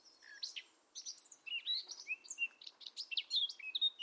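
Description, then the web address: Bird song of quick, varied high chirps and short whistled notes in rapid bursts, some rising and falling, continuing with little pause throughout. "cianscape birddata Deverinetal 2025"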